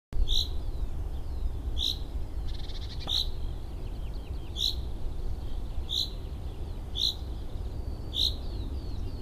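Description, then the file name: Common chaffinch calls: a short, bright high note repeated every second or so, seven times, over loud low rumbling background noise. "Fringilla coelebs"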